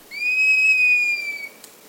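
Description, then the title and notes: Cinereous Mourner gives a single long, clear whistle, slightly rising then holding steady before fading. Lives in the forest understory of the Amazon Basin; small ashy-gray bird. "The Cinereous Mourner is a small, ashy-gray bird that lives in the forest understory of the Amazon Basin."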